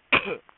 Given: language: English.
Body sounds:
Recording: throat vibration sensor signal played as sound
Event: cough

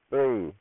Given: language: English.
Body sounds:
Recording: throat vibration sensor signal played as sound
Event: speech

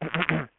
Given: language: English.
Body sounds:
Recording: throat vibration sensor signal played as sound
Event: throat clearing

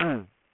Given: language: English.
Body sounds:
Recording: throat vibration sensor signal played as sound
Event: throat clearing

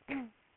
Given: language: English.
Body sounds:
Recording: throat vibration sensor signal played as sound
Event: throat clearing

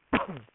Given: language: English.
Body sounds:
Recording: throat vibration sensor signal played as sound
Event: cough

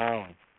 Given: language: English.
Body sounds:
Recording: throat vibration sensor signal played as sound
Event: speech

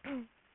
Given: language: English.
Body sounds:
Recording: throat vibration sensor signal played as sound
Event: throat clearing

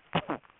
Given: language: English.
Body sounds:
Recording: throat vibration sensor signal played as sound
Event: cough

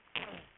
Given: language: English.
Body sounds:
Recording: throat vibration sensor signal played as sound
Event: throat clearing

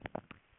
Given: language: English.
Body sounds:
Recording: throat vibration sensor signal played as sound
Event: swallow

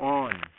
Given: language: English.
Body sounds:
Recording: throat vibration sensor signal played as sound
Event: speech

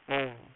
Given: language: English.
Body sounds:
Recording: throat vibration sensor signal played as sound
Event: speech

